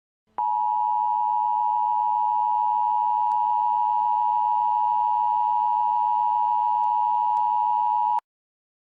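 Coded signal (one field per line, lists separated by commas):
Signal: Emergency Alert System (SAME) tones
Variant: 853 and 960 Hz attention tone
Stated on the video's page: Simulated EAS tones from a fictional EAS scenario.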